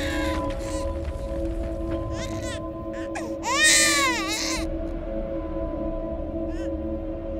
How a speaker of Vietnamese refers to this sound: Có tiếng người đàn bà khóc lóc thê thiết vang lên. Lẫn trong đó, loáng thoáng ở bên ngoài nghĩa địa, có tiếng trẻ con khóc choe choé, cứ như là cả hai đang cộng hưởng với nhau vậy.